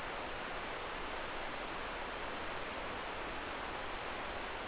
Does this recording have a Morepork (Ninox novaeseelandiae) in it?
no